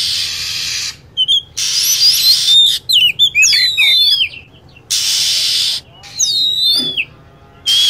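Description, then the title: Lovebird chirps: shrill, sharply bending squeaks and whistles in quick bursts, separated by stretches of loud hissing noise and brief silences. Lure recording used to attract lovebirds. "PIKAT BURUNG LOVEBIRD"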